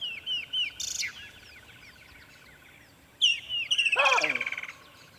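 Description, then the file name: Baboon letting out a loud, pulsed, harmonic bark near the end, after high chirping bird calls and a quiet stretch. Close baboon recorded with birds singing. "Digiffects Sound Effects Library - Close Baboon with Birds Singing"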